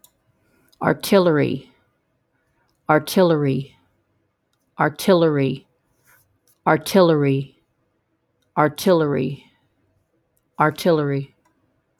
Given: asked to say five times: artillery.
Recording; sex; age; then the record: repeated word; female; 50 to 59 years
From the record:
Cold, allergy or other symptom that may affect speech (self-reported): no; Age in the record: 56 years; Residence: Georgia, United States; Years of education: 14